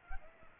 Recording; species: mosquito wingbeat signal from an infrared sensor; Aedes aegypti